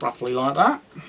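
Someone talks while handling the body section of a plastic Transformers Masterpiece Grimlock transforming robot toy, which is being pushed upward to lock into the torso. Only speech is heard, with no distinct click, and nothing has seated or clicked into place yet.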